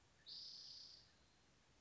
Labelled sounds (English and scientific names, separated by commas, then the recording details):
Spotted Towhee (Pipilo maculatus)
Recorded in Sonoma County, California